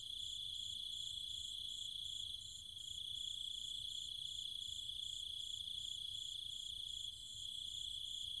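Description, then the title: Cicadas and insects droning together, a constant piercing buzz plus quick regular pulses higher up, steady throughout except a slight drop in level twice. Cicadas and other insects calling at night in trees and fields, Chiang Mai, Thailand. "Cicada countryside, Thailand"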